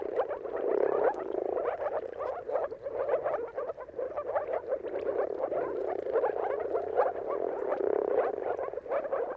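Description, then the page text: Moor frogs in a dense mating chorus, soft bubbling low woops overlapping continuously with no pauses. Chorus of moor frogs giving mating calls at sunrise, at the turn of March and April depending on the weather. "Dawn’s Chorus: Mating Calls of Marsh Frogs at Sunrise. Depending on the weather at the turn of March and April, you can witness an amazing spectacle of moor frogs. earth-fm Jakub-Orzecki moor frogs"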